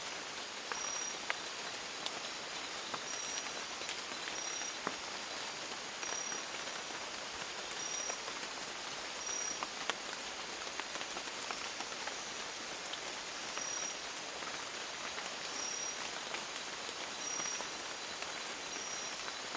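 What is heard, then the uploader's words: Steady rain falls in the Amazon rainforest, a dense, even hiss of countless drops with occasional sharper taps. The level barely changes throughout. A faint high insect whine pulses at regular intervals in the background, roughly every couple of seconds. Soothing rain in the Amazon rainforest.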